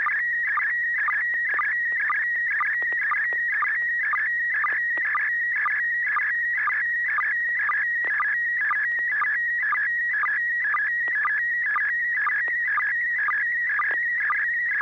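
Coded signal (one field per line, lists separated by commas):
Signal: SSTV (slow-scan television)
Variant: PD120 mode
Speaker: kl7 hqr if you're ready to go go ahead and transmit your picture now thank you [Music] i'm right here and good evening to cairo and you yes i'll be sending a picture on pdf 120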